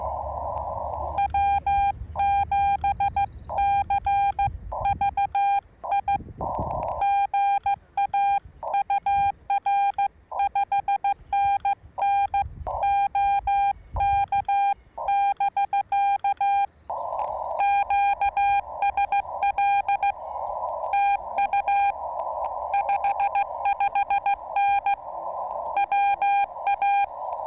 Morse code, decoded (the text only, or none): W7CVI GA UR 5NN OK <BK> QSL TU 55N WA